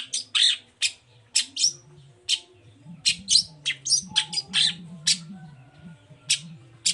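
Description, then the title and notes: Long-tailed shrike: abrupt harsh notes, some whistled, scattered irregularly throughout over a low droning hum. Cendet singing in the morning in a varied 'toet toet' style, used as a lure to provoke other shrikes into answering and singing along. "Langsung NYAUTTTTT ! Cendet Gacor Dor Di Kala Pagi Toet Toet Variasi Suara. Pancingan Emosi Cendet Gacor Full Variasi Toet Toet Bikin Nyaut Cendet Lain Langsung Ikutan Bunyi. Burung cendet"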